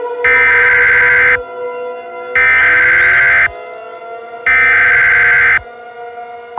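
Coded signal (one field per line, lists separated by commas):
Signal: Emergency Alert System (SAME) tones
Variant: header bursts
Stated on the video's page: Fictional simulated scenario.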